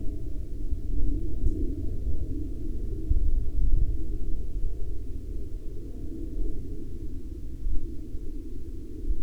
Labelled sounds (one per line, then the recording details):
aircraft
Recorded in Ivvavik National Park, Yukon, on 26 June 2019 at 14:52
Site SINP09